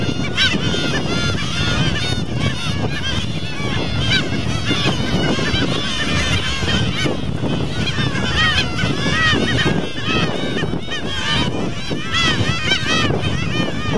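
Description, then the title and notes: Gulls calling continuously from a crowded colony, overlapping harsh yelping and mewing notes with steady low rumble underneath. Breeding colony of a highly threatened gull species, Isla de la Cangrejera provincial reserve, Bahía Blanca estuary, Argentina, September 2014, 17:44. "Colonia reproductiva de gaviotas cangrejeras (Larus atlanticus), una de las cinco especies de gaviotas más amenazadas del mundo. Reserva Provincial Isla de la Cangrejera. Isla del Puerto. Estuario de Bahía Blanca. /9/2014-17:44hs"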